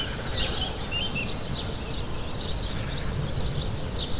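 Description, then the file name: Birds chirping: several short, high twittering notes and brief trills scattered throughout, over a steady low rumble of background noise. Morning bird chorus. "Morning Birds Ambience"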